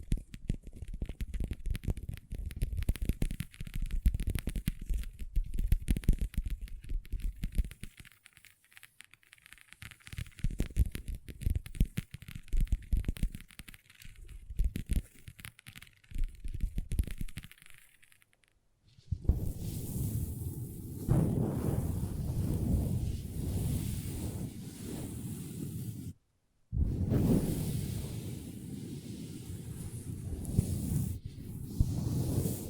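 Long fingernails tap and scratch on a tabletop, starting with quick, irregular clicks and taps for about 18 seconds with a brief lull near 8 seconds. After a short silence, steady, dense scratching takes over, louder and rougher, broken by a pause around 26 seconds.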